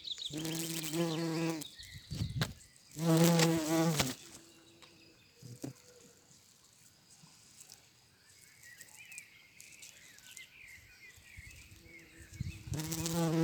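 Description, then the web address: Bumblebee flight buzz, a low droning hum swelling in three passes, with soft bird twitters before the last one. Bumblebee buzzing in flight, recorded on 7 May 2022. "Vols Bourdnabeilles 220507-Bourdonstetejaune"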